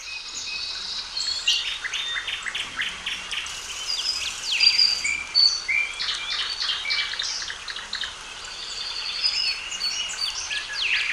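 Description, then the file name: Birds singing: many overlapping high chirps, trills and whistled notes, with sharp downward sweeps throughout. "Calm Singing Birds Zone"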